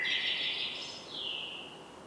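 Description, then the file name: Common blackbird song phrase: a mellow, slightly wavering note, then a second smoother note that fades away, against soft background hiss. "Turdus merula"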